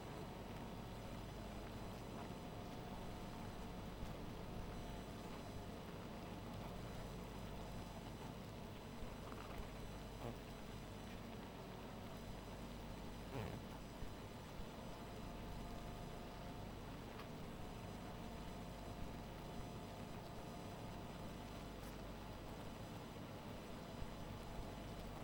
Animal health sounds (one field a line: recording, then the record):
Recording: honeybee colony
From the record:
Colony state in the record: missing queen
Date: 14 July 2017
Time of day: 1:17